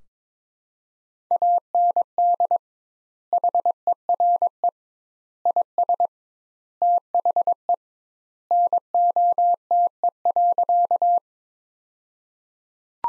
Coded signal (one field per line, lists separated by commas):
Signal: Morse code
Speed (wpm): 22 wpm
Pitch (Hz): 700 Hz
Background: none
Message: AND HERE IS THE NOTE.